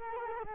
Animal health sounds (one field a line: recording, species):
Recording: mosquito wingbeat signal from an infrared sensor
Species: Culex quinquefasciatus